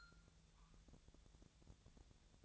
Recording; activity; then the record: daily activity, microphone in the room; take from stove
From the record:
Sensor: 3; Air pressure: 999.2 hPa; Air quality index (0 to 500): 198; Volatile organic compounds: 45 ppm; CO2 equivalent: 3225 ppm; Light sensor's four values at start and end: 7/17/7/6 and 7/17/7/6